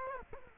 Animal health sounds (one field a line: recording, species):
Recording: mosquito wingbeat signal from an infrared sensor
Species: Culex quinquefasciatus